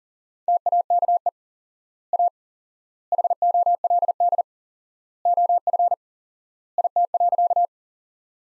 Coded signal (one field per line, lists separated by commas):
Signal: Morse code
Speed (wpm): 39 wpm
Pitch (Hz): 700 Hz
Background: none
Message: TAKE A HOLD OF IT.